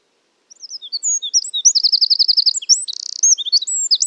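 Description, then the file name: Eurasian wren song, starting after a brief silence: a loud, rapid, high-pitched outpouring of trills and chattering notes with a fast buzzy trill in the middle. "Troglodytes troglodytes"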